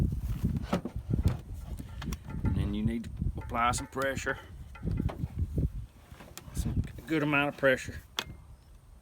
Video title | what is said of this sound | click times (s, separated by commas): How to Reset the Chain Brake on a Husqvarna chainsaw | clicked in place right there well it's not all the way in place | 8.2 s